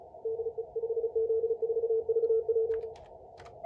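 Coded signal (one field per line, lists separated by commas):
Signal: Morse code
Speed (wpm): 36 wpm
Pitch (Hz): 450 Hz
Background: radio noise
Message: DE 5Z4VW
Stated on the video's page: MorseRunner contest simulator software running the ARRL DX contest.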